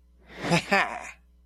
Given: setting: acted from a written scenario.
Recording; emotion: vocal sound without words; triumph